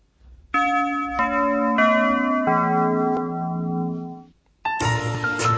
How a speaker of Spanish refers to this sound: Campanillas.